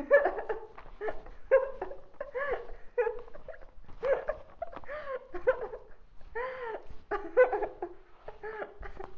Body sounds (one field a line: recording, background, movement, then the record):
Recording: laughter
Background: quiet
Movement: walking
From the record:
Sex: female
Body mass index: 18.8 kg/m2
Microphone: on the chest, facing outward